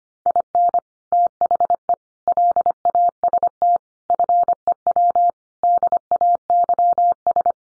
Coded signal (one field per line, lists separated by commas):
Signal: Morse code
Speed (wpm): 25 wpm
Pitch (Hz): 700 Hz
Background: none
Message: IN THE LAST FEW DAYS